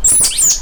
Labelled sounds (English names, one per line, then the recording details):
Stitchbird song
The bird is a male
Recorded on Tiritiri Matangi Island, New Zealand, in 2005
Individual 1, of nest box 1